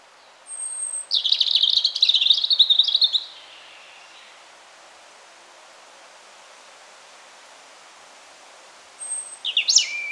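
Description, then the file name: European robin song: a thin high note leads into one rippling, jumbled warble, followed by quiet and the start of the next phrase at the end. "Erithacus rubecula"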